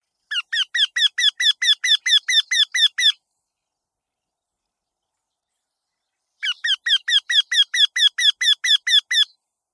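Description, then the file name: Eurasian wryneck calling: two bursts of many loud, nasal, evenly spaced notes, each slightly falling in pitch, separated by a silent pause of a few seconds. "arisui"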